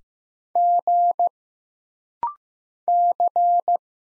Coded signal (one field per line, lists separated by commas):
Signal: Morse code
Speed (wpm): 15 wpm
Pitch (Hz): 700 Hz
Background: none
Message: G C